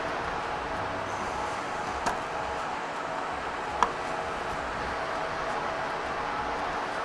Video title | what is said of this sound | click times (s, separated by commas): Time To Build a New Rig!!! Year End Goal Complete! | There we go. A click. | 3.8 s